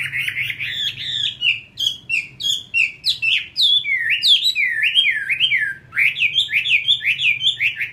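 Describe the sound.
Chinese hwamei song, a rich run of loud whistled, slurred phrases, repeated rapidly with varied rising and falling notes and a faint low hum beneath.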